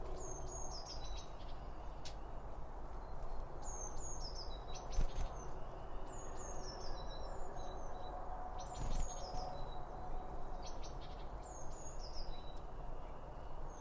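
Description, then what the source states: Birds twittering in high chirps and short falling whistles, repeated bursts throughout, with a constant low hum and a few knocks. Birds around a bird feeder, recorded with two OM 1 microphones from Line Audio.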